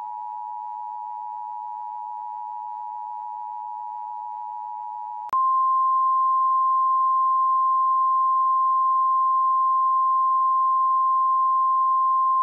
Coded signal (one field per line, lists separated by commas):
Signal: Emergency Alert System (SAME) tones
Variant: 853 and 960 Hz attention tone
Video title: Emergency Alert System Tornado Warning Louisville KY Emergency/Override System For Jefferson County